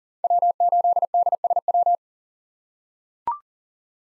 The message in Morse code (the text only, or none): W8DSW